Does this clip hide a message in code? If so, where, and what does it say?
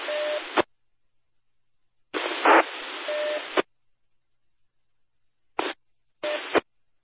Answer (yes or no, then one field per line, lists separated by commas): no